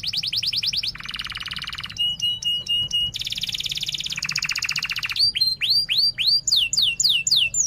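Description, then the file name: Canary song built from rapid repeated tours: high chirps, a buzzy low trill, a steady bright trill, then loud rising upswept whistles to finish. Canary singing vigorously (gacor) with chirping 'cuit cuit' notes and sharp rolling trills (ngerol tajam). "Suara Kenari Gacor Cuit Cuit Ngerol Tajam"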